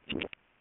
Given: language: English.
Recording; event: throat vibration sensor signal played as sound; swallow